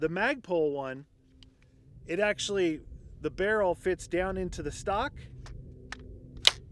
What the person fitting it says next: and locks into place.